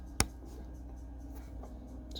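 A plastic solar cable connector half is pushed into its mating half and gives one sharp click at 0.2 s, confirming it has seated. Afterward only a low steady hum and faint soft handling sounds remain.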